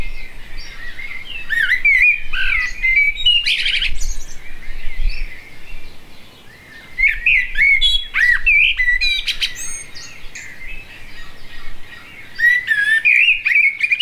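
Blackbird singing in bursts of twittering, warbling phrases with brief pauses, some sharp high clicks, over a low background rumble.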